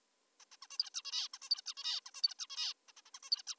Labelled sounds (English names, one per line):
Zebra Finch